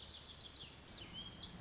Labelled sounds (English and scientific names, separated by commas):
Lazuli Bunting (Passerina amoena)